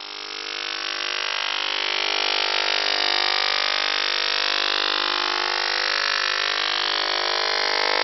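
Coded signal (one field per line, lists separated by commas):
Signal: radar signal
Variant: PLUTO OTHR, 50 Hz FMCW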